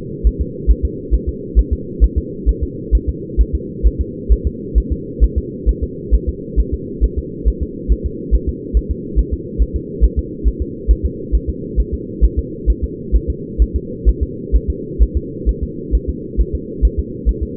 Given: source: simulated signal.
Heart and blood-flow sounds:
fetal heart sounds
0.27 s: S1
0.41 s: S2
0.70 s: S1
0.85 s: S2
1.14 s: S1
1.29 s: S2
1.59 s: S1
1.73 s: S2
2.04 s: S1
2.18 s: S2
2.49 s: S1
2.63 s: S2
2.95 s: S1
3.09 s: S2
3.41 s: S1
3.55 s: S2
3.86 s: S1
4.01 s: S2
4.32 s: S1
4.47 s: S2
4.78 s: S1
4.92 s: S2
5.24 s: S1
5.38 s: S2
5.69 s: S1
5.83 s: S2
6.14 s: S1
6.29 s: S2
6.60 s: S1
6.74 s: S2
7.04 s: S1
7.18 s: S2
7.48 s: S1
7.62 s: S2
7.92 s: S1
8.06 s: S2
8.34 s: S1
8.49 s: S2
8.77 s: S1
8.91 s: S2
9.19 s: S1
9.33 s: S2
9.62 s: S1
9.76 s: S2
10.04 s: S1
10.19 s: S2
10.47 s: S1
10.62 s: S2
10.91 s: S1
11.05 s: S2
11.35 s: S1
11.49 s: S2
11.80 s: S1
11.94 s: S2
12.24 s: S1
12.39 s: S2
12.70 s: S1
12.84 s: S2
13.16 s: S1
13.30 s: S2
13.62 s: S1
13.76 s: S2
14.09 s: S1
14.23 s: S2
14.56 s: S1
14.70 s: S2
15.02 s: S1
15.17 s: S2
15.49 s: S1
15.63 s: S2
15.95 s: S1
16.09 s: S2
16.40 s: S1
16.55 s: S2
16.85 s: S1
16.99 s: S2
17.29 s: S1
17.43 s: S2
From the record:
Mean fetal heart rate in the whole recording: 135 bpm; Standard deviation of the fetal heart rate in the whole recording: 3 bpm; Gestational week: 34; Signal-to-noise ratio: -4.1 dB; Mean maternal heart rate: no maternal heart sound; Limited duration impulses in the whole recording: absent

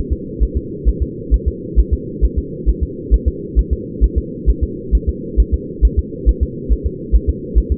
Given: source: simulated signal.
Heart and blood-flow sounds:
fetal heart sounds
0.13 s: S2
0.43 s: S1
0.57 s: S2
0.88 s: S1
1.02 s: S2
1.34 s: S1
1.48 s: S2
1.80 s: S1
1.93 s: S2
2.24 s: S1
2.38 s: S2
2.69 s: S1
2.83 s: S2
3.14 s: S1
3.28 s: S2
3.59 s: S1
3.73 s: S2
4.04 s: S1
4.18 s: S2
4.50 s: S1
4.63 s: S2
4.95 s: S1
5.09 s: S2
5.40 s: S1
5.54 s: S2
5.85 s: S1
5.99 s: S2
6.29 s: S1
6.43 s: S2
6.73 s: S1
6.86 s: S2
7.16 s: S1
7.29 s: S2
7.58 s: S1
7.72 s: S2
From the record:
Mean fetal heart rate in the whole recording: 135 bpm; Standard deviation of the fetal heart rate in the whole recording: 3 bpm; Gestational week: 34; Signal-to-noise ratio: -4.1 dB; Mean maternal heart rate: no maternal heart sound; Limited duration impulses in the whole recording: absent

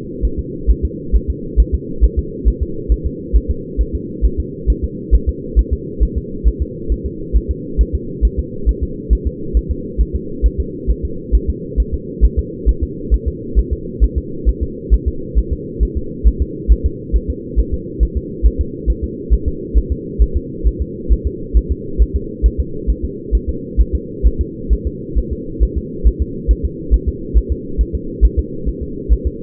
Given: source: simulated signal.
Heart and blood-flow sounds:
fetal heart sounds
0.25 s: S1
0.39 s: S2
0.70 s: S1
0.85 s: S2
1.16 s: S1
1.30 s: S2
1.60 s: S1
1.75 s: S2
2.04 s: S1
2.19 s: S2
2.48 s: S1
2.62 s: S2
2.92 s: S1
3.06 s: S2
3.36 s: S1
3.51 s: S2
3.81 s: S1
3.95 s: S2
4.25 s: S1
4.40 s: S2
4.70 s: S1
4.84 s: S2
5.15 s: S1
5.29 s: S2
5.59 s: S1
5.73 s: S2
6.03 s: S1
6.17 s: S2
6.48 s: S1
6.62 s: S2
6.92 s: S1
7.06 s: S2
7.36 s: S1
7.51 s: S2
7.81 s: S1
7.95 s: S2
8.25 s: S1
8.39 s: S2
8.69 s: S1
8.83 s: S2
9.13 s: S1
9.27 s: S2
9.57 s: S1
9.71 s: S2
10.01 s: S1
10.16 s: S2
10.46 s: S1
10.60 s: S2
10.91 s: S1
11.05 s: S2
11.35 s: S1
11.50 s: S2
11.80 s: S1
11.94 s: S2
12.25 s: S1
12.39 s: S2
12.69 s: S1
12.83 s: S2
13.14 s: S1
13.28 s: S2
13.59 s: S1
13.73 s: S2
14.04 s: S1
14.18 s: S2
14.49 s: S1
14.63 s: S2
14.94 s: S1
15.08 s: S2
15.39 s: S1
15.53 s: S2
15.83 s: S1
15.97 s: S2
16.27 s: S1
16.42 s: S2
16.72 s: S1
16.86 s: S2
17.16 s: S1
17.30 s: S2
17.59 s: S1
17.74 s: S2
18.03 s: S1
18.17 s: S2
18.46 s: S1
18.61 s: S2
18.90 s: S1
19.04 s: S2
19.33 s: S1
19.48 s: S2
19.78 s: S1
19.92 s: S2
20.22 s: S1
20.37 s: S2
20.67 s: S1
20.82 s: S2
21.12 s: S1
21.27 s: S2
21.57 s: S1
21.72 s: S2
22.02 s: S1
22.16 s: S2
22.46 s: S1
22.60 s: S2
22.90 s: S1
23.05 s: S2
23.35 s: S1
23.49 s: S2
23.81 s: S1
23.95 s: S2
24.27 s: S1
24.41 s: S2
24.73 s: S1
24.87 s: S2
25.18 s: S1
25.33 s: S2
25.63 s: S1
25.78 s: S2
26.07 s: S1
26.22 s: S2
26.51 s: S1
26.65 s: S2
26.94 s: S1
27.09 s: S2
27.38 s: S1
27.52 s: S2
27.81 s: S1
27.95 s: S2
28.25 s: S1
28.39 s: S2
28.69 s: S1
28.83 s: S2
29.12 s: S1
29.27 s: S2
From the record:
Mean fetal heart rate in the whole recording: 135 bpm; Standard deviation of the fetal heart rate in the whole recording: 3 bpm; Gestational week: 34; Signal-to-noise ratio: -4.3 dB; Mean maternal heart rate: 72 bpm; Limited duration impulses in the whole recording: absent

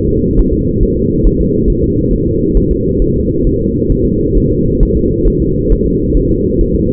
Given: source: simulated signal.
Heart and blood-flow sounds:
fetal heart sounds
0.09 s: S2
0.39 s: S1
0.53 s: S2
0.83 s: S1
0.97 s: S2
1.27 s: S1
1.41 s: S2
1.70 s: S1
1.84 s: S2
2.13 s: S1
2.27 s: S2
2.57 s: S1
2.71 s: S2
3.02 s: S1
3.16 s: S2
3.47 s: S1
3.61 s: S2
3.92 s: S1
4.06 s: S2
4.38 s: S1
4.52 s: S2
4.83 s: S1
4.97 s: S2
5.28 s: S1
5.42 s: S2
5.72 s: S1
5.86 s: S2
6.17 s: S1
6.31 s: S2
6.61 s: S1
6.75 s: S2
From the record:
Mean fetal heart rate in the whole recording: 135 bpm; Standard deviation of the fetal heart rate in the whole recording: 3 bpm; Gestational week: 36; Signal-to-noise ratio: -14.7 dB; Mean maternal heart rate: 72 bpm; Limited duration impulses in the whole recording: present

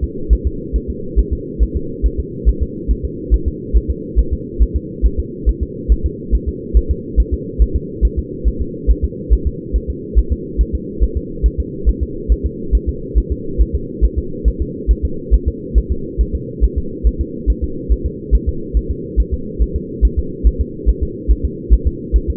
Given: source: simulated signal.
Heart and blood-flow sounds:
fetal heart sounds
0.04 s: S2
0.33 s: S1
0.47 s: S2
0.76 s: S1
0.90 s: S2
1.19 s: S1
1.33 s: S2
1.63 s: S1
1.77 s: S2
2.06 s: S1
2.20 s: S2
2.49 s: S1
2.62 s: S2
2.91 s: S1
3.05 s: S2
3.34 s: S1
3.48 s: S2
3.77 s: S1
3.91 s: S2
4.19 s: S1
4.33 s: S2
4.62 s: S1
4.76 s: S2
5.06 s: S1
5.20 s: S2
5.49 s: S1
5.63 s: S2
5.92 s: S1
6.06 s: S2
6.35 s: S1
6.49 s: S2
6.77 s: S1
6.91 s: S2
7.20 s: S1
7.34 s: S2
7.62 s: S1
7.76 s: S2
8.05 s: S1
8.19 s: S2
8.48 s: S1
8.62 s: S2
8.91 s: S1
9.04 s: S2
9.33 s: S1
9.47 s: S2
9.76 s: S1
9.90 s: S2
10.19 s: S1
10.33 s: S2
10.61 s: S1
10.75 s: S2
11.03 s: S1
11.17 s: S2
11.46 s: S1
11.60 s: S2
11.89 s: S1
12.03 s: S2
12.32 s: S1
12.46 s: S2
12.75 s: S1
12.89 s: S2
13.18 s: S1
13.32 s: S2
13.61 s: S1
13.75 s: S2
14.05 s: S1
14.19 s: S2
14.48 s: S1
14.62 s: S2
14.91 s: S1
15.05 s: S2
15.34 s: S1
15.48 s: S2
15.78 s: S1
15.92 s: S2
16.21 s: S1
16.35 s: S2
16.64 s: S1
16.78 s: S2
17.07 s: S1
17.21 s: S2
17.50 s: S1
17.64 s: S2
17.92 s: S1
18.06 s: S2
18.35 s: S1
18.49 s: S2
18.77 s: S1
18.91 s: S2
19.20 s: S1
19.34 s: S2
19.62 s: S1
19.76 s: S2
20.05 s: S1
20.19 s: S2
20.47 s: S1
20.61 s: S2
20.89 s: S1
21.03 s: S2
21.31 s: S1
21.45 s: S2
21.73 s: S1
21.87 s: S2
22.16 s: S1
22.30 s: S2
From the record:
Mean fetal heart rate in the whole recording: 140 bpm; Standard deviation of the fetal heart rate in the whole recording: 2 bpm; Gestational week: 34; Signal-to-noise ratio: -4.3 dB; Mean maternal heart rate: 72 bpm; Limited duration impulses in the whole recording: absent

